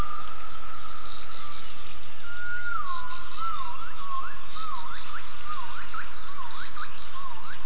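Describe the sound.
Gibbon calls: a long steady tone, then a run of swooping, wavering whistled notes that rise and fall about once a second, over a constant high insect drone.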